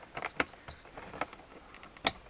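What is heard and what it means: A plastic wiring connector is pushed into a cubby fridge retrofitted into the centre console of a Land Rover Discovery 3/4 (LR3/LR4) or Range Rover Sport. Faint handling ticks and rustles come first, then a sharp, bright click at 2.1 s as the connector latches home and is seated.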